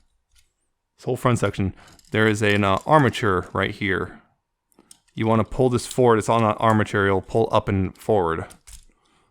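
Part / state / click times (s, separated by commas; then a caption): front armature of an action figure locking into its robot-mode position / seated / 8.7 s, 8.8 s. Someone talks while the front-section armature of a plastic Transformers War for Cybertron: Siege Springer figure is pulled up and forward into its robot-mode position. Faint clicks come at 8.7 s and 8.8 s as the armature locks into place.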